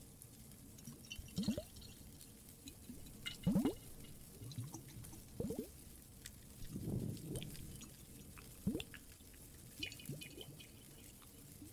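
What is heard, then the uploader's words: Water drips and plops in a cave, each drop a low, hollow bloop that bends upward in pitch, arriving every second or two with a small cluster near seven seconds. A soft, steady hiss and faint scattered ticks sit underneath. Some more Cave ASMR, Water and Fireplace added.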